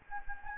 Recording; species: mosquito wingbeat signal from an infrared sensor; Anopheles gambiae